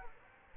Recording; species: mosquito wingbeat signal from an infrared sensor; Aedes aegypti